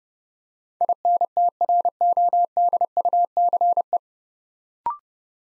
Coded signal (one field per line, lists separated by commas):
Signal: Morse code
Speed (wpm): 30 wpm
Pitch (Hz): 700 Hz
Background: none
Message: INTRODUCE